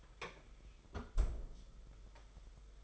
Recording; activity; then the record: daily activity, microphone in the room; close fridge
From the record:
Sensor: 5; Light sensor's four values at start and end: 35/110/42/44 and 34/108/41/43